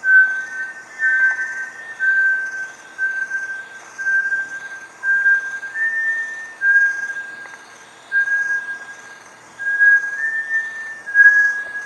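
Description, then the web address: Bartlett's tinamou calling with a series of pure, steady whistled notes over a faint hiss. "sound Bartlett's-tinamou. صدای-پرنده-وشم-بارتلت"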